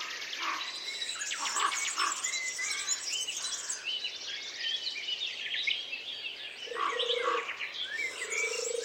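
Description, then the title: Birds: bird chorus with dense high chirping and trilling, plus two low level notes near the end. Many birds singing together in a forest. "Звуки птиц в лесу. pleasant carefree many-voiced singing of birds in the forest"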